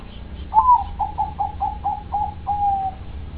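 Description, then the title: Dove cooing: a stressed first note, then a series of clipped hoots ending in a longer, gently falling coo, with low-pitched noise underneath. "Canto Da Pomba"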